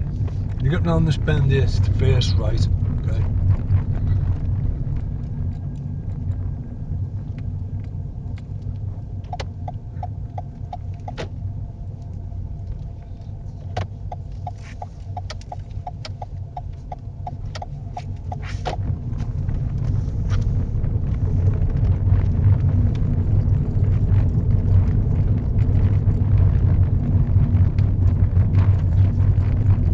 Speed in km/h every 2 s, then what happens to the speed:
16, 16, 15, 11, 10, 8, 8, 8, 11, 18, 21, 23, 23, 23, 23.
0-14 slows to 8. 14-20 speeds up to 21. 20-30 steady at about 23.